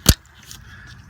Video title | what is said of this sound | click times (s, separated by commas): Honda Civic Water Pump Replacement. | but this wire is going to slide onto that bracket and lock into place as we shove it forward and | 0.1 s